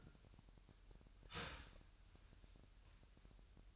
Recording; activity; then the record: daily activity, microphone in the room; start toaster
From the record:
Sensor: 2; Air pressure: 1001.8 hPa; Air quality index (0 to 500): 247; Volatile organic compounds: 38 ppm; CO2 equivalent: 3117 ppm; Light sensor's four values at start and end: 9/30/12/11 and 9/30/12/11